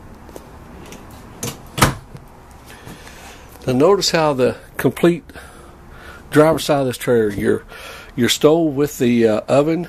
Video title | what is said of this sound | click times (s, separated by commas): 2014 Open Range 318RLS Camper | look at the drawer system on it well that locks in place really good now | 1.8 s